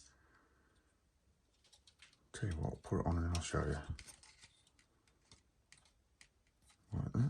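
A front suspension part for a 1:8 scale Ferrari F40 Competizione model car is handled against the lower right wishbone, with small plastic clicks and handling taps while someone talks. The clip ends before the part goes home, so nothing has seated or clicked yet.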